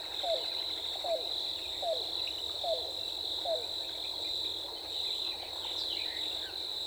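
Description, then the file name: Yellow-billed cuckoo calling: five low, hooked, down-slurred notes at an even pace under a steady high insect drone, with faint chirps. On 14 April 2018. "2018-04-14 YBCU"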